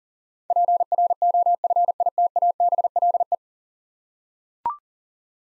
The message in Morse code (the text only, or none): PROFITABLE